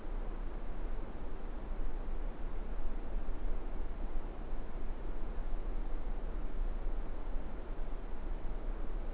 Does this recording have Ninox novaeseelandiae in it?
no